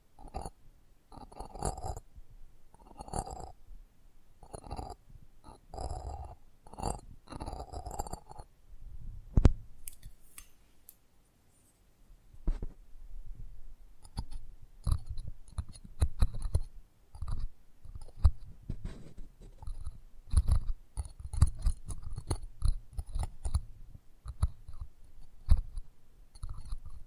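Close-up microphone handling: dense, irregular taps, clicks and rustles that crowd together in quick bursts, some with a low thump beneath. Around the ten-second mark the sound drops almost to silence for a couple of seconds before the scratchy tapping resumes and continues steadily.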